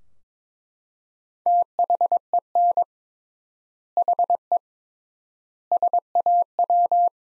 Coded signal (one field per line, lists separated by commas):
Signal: Morse code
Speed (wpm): 22 wpm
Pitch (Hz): 700 Hz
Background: none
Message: THEN HE SAW